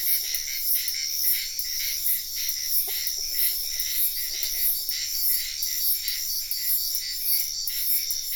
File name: felix blume nature ambience wetland night frogs insects bird heron type sian ka an biosphere reserve